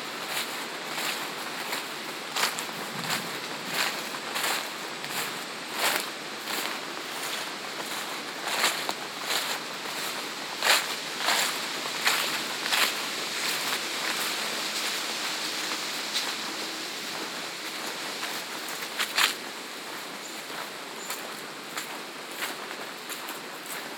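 Footfalls crunch along a farm trail in a steady, unhurried rhythm, each step a short dry scuff or crackle roughly every half second. Some steps land harder, with louder crunches near the middle and around nineteen seconds. A soft hiss runs underneath throughout.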